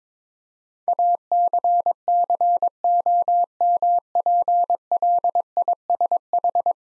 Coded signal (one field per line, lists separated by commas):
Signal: Morse code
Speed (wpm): 22 wpm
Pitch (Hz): 700 Hz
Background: none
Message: ACCOMPLISH